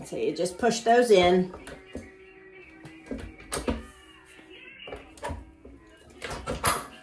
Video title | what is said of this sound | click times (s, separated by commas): R&T 2" Toilet Seat Riser Full Review — Is It Really That Good? X6262 | And you hear that clicking in place. | 3.5 s, 6.7 s